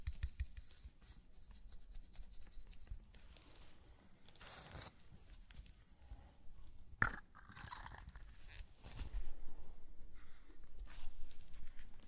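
Sand and small objects are brushed, crinkled and tapped in a zen garden tray, a steady run of fine scratchy, gritty rubbing. Brief bright bursts stand out, a strong one near seven seconds, and the scraping grows busier and louder toward the end.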